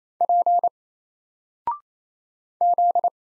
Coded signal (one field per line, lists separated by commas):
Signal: Morse code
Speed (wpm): 27 wpm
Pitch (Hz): 700 Hz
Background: none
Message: P Z